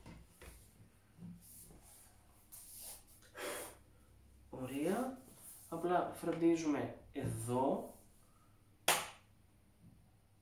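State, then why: Seated. A plastic hard shell cover is pressed onto the body edge of a 2019 Apple MacBook Pro 16" while someone talks. A sharp click at 8.9 s shows the cover's small clips catching in the gap underneath and snapping home.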